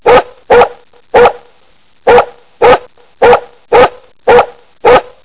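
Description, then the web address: Dog barking: nine loud, sharp barks at a fairly steady pace, with a longer pause after the third bark. No other sounds. "BBCMM 003. DOGBARK"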